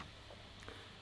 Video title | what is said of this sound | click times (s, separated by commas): Let's chat while I build a little treehouse- ask me anything - Yoga Plant with Roos | Oh, this one is actually a little click thingy. | 0.7 s